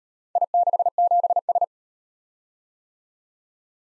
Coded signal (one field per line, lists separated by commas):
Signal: Morse code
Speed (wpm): 38 wpm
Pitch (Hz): 700 Hz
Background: none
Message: I67S